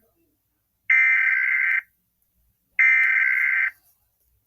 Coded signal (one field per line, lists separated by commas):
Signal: Emergency Alert System (SAME) tones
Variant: header bursts